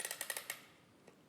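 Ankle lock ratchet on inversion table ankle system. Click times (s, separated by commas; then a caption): 0.0 s, 0.2 s, 0.3 s, 0.4 s, 0.5 s. The ankle lock ratchet handle on a Teeter FitSpine X3 Inversion Table with FlexTech Bed is ratcheted closed after stepping into the cushioned ankle cups. It gives a quick series of sharp ratchet ticks at 0.0, 0.1, 0.2, 0.3, 0.4 and 0.5 seconds, then fades to quiet. The ankle lock clicks fully locked.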